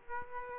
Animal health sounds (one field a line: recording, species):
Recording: mosquito wingbeat signal from an infrared sensor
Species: Aedes aegypti